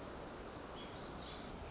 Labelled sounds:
Pacific Wren (Troglodytes pacificus)
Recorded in Sonoma County, California

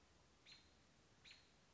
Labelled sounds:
American Robin (Turdus migratorius)
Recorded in Sonoma County, California

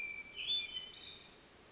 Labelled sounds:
Hermit Thrush (Catharus guttatus)
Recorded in Sonoma County, California

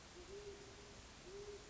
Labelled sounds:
Great Horned Owl (Bubo virginianus)
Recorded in Sonoma County, California

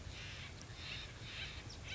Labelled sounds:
Steller's Jay (Cyanocitta stelleri)
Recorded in Sonoma County, California

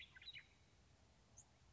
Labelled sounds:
Western Meadowlark (Sturnella neglecta)
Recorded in Sonoma County, California

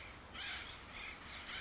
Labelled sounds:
Acorn Woodpecker (Melanerpes formicivorus)
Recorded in Sonoma County, California

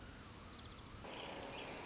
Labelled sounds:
Orange-crowned Warbler (Leiothlypis celata)
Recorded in Sonoma County, California

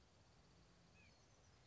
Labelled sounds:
White-breasted Nuthatch (Sitta carolinensis)
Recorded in Sonoma County, California

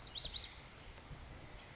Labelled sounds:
Blue-gray Gnatcatcher (Polioptila caerulea)
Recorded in Sonoma County, California

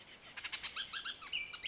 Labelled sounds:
Bullock's Oriole (Icterus bullockii)
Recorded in Sonoma County, California

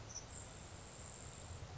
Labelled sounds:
Grasshopper Sparrow (Ammodramus savannarum)
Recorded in Sonoma County, California

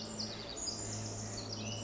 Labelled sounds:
Pacific Wren (Troglodytes pacificus)
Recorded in Sonoma County, California

